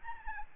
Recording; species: mosquito wingbeat signal from an infrared sensor; Aedes albopictus